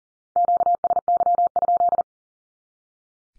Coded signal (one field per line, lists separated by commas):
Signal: Morse code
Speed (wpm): 40 wpm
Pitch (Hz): 700 Hz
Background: none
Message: QSY?